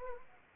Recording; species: mosquito wingbeat signal from an infrared sensor; Anopheles arabiensis